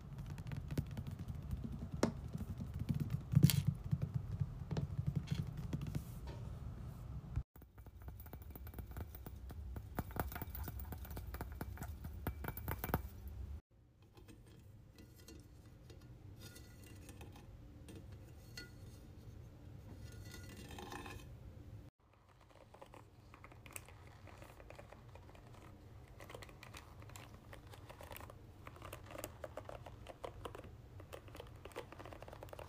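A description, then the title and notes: A series of small household noises, changing abruptly every few seconds: first a louder low rumble with sharp clicks, then a dense patter, then quieter tapping and rustling. Fast clicky sounds like typing on keys recur throughout. Satisfying noises at Molly’s house. Random objects around Molly‘s house that are nice noises.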